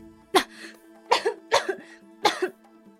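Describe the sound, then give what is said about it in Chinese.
A feverish patient's fit of four harsh, wet coughs in uneven succession, each with a gurgling phlegm rattle from deep, sticky phlegm that is hard to cough up, and a short raspy tail, moderately loud with quiet breathing gaps between. “病人说着就一阵咳嗽，赵斌听到他咳嗽声里面的确有明显的痰鸣，便继续问道。”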